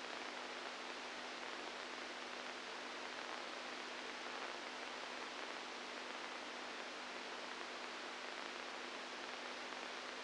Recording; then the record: brain microelectrode recording played as sound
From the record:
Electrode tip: inside the subthalamic nucleus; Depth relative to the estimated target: 0 mm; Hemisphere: right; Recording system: NeuroSet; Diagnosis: Parkinson's disease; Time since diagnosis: 10 years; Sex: female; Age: 67 years